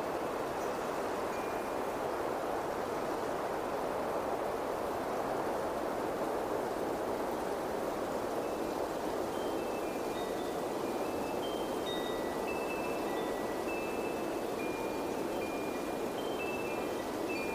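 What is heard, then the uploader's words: Steady, dense wind rushes without pause, a thick low-to-middle roar that holds even in level. From about nine seconds on, light wind chimes ring out in scattered, bright notes that sit faintly above the gusts, a few tones at a time. Wind Chimes + Windy Sounds.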